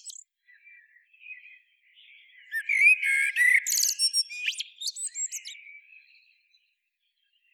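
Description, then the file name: Common blackbird with quiet warbling rising into a loud run of squeaky notes and rapid rattling trills, then thinning out to faint twitters. "Turdus merula"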